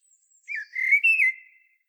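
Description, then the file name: Common blackbird delivering a mellow fluted phrase, a dipping whistle then two full sustained notes, preceded by a thin high faint note. "Turdus merula"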